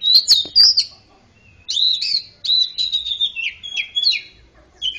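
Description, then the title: Oriental magpie-robin song: rich, varied whistled phrases with quick slurred notes and brief trills, delivered in bursts separated by short pauses. "Kacer"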